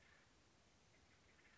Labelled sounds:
Acorn Woodpecker

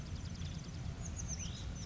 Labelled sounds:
Oak Titmouse

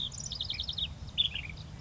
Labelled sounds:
Ash-throated Flycatcher

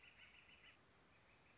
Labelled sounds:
Northern Flicker

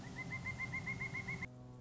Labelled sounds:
Pileated Woodpecker

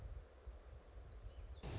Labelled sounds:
Orange-crowned Warbler

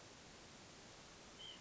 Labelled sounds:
White-breasted Nuthatch

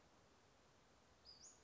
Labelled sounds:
Western Flycatcher

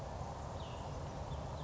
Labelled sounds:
Cassin's Vireo

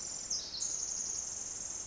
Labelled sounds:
Pacific Wren

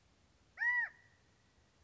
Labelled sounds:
California Quail

